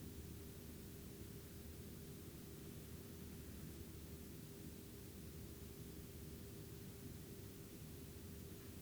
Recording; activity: daily activity, guitar pickup as the sensor; lie down